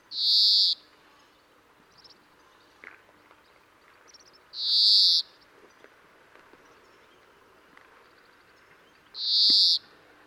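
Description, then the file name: European greenfinch wheezing call, a harsh buzzy drawn-out note repeated three times roughly every four to five seconds, quiet background between calls. "Chloris chloris"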